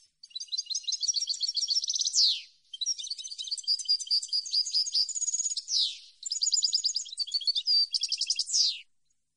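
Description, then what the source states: European goldfinch singing an almost unbroken stream of high, liquid twitters, buzzy trills and repeated chirps, punctuated by several downward sweeps, on a silent background. Clean song compiled on a CD, intended for birds to copy.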